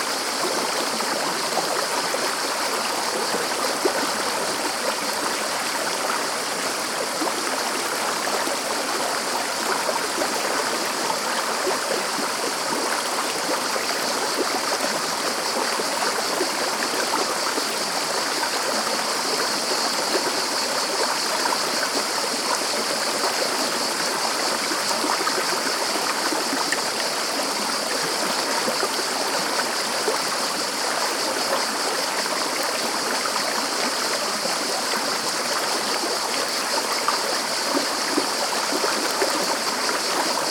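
A stream on Mount Ida, Turkey, runs in a steady, dense rush of water that barely changes over the whole recording. The wash is bright and hissy, with a persistent high tone running through it and little low rumble. No separate events stand out.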